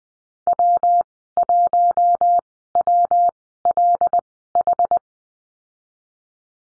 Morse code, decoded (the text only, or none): W1WLH